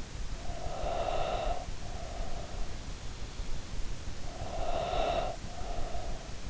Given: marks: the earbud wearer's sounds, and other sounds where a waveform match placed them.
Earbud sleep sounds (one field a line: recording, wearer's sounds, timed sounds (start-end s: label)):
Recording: sounds in sleep by an in-ear microphone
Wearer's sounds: breath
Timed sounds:
0.35-2.52 s: breath
4.13-6.50 s: breath